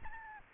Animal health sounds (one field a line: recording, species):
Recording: mosquito wingbeat signal from an infrared sensor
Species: Aedes albopictus